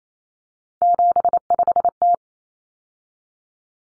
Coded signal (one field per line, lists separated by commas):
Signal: Morse code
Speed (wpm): 28 wpm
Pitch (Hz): 700 Hz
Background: none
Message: 75T